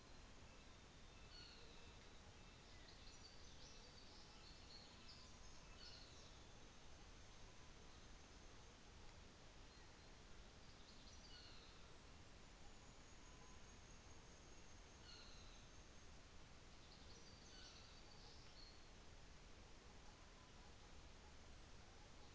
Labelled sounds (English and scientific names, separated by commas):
North Island Saddleback (Philesturnus rufusater), New Zealand Fantail (Rhipidura fuliginosa)